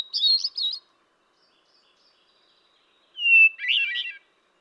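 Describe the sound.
Hermit thrush song: the tail of one warbled phrase, a pause of about two seconds, then a new phrase on a lower pitch, a held whistle dissolving into fluty trills.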